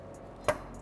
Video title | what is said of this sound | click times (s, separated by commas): Injen 2019-2021 Silverado / Sierra 1500 V8-5.3L/6.2L Evolution Intake Install Video Part# EVO7104 | and we're gonna go ahead and install to the provided you're gonna hear a click | 0.5 s